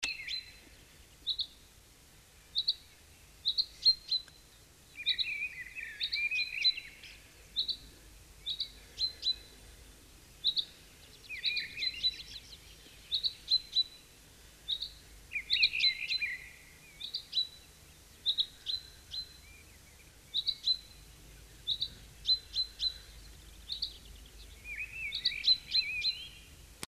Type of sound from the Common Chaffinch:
call